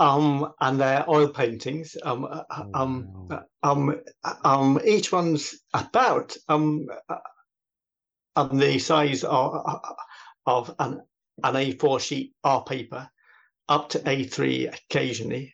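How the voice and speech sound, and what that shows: Adult man's speech broken by repeated, drawn-out 'um' fillers and long pauses mid-phrase: stuttering (stammering).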